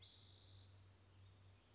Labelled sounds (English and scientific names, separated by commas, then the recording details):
Spotted Towhee (Pipilo maculatus)
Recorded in Sonoma County, California